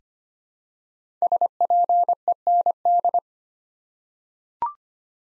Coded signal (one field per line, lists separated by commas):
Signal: Morse code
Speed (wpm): 25 wpm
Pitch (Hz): 700 Hz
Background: none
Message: SPEND